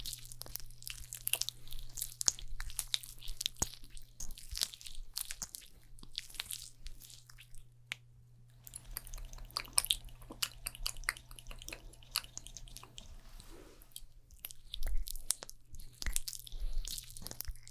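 Fast, layered makeup sounds: dense crackly taps and brushing strokes, with a steady low hum underneath and a brief pause around eight seconds.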